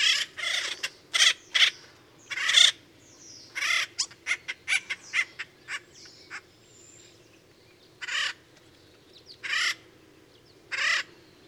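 Bird calls: harsh squawking notes, several quick ones clustered early, then a run of shorter clipped notes, followed by spaced single squawks toward the end.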